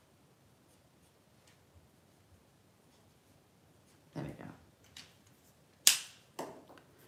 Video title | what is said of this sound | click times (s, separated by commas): Coffee & Card Round 18 Week 1 - Card making with The Paper Haven | so did you hear that click of the pen make sure you hear it click okay | 5.9 s